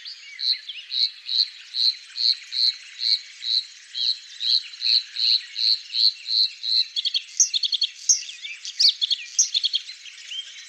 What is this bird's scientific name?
Luscinia svecica